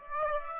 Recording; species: mosquito wingbeat signal from an infrared sensor; Aedes aegypti